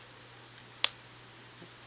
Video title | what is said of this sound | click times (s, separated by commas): LIVE Crochet Class – Chameleon Part 1! 🦎 - Amigurumi Project Begins - July 3rd at 2PM PST | And we're going to snap those on. | 0.8 s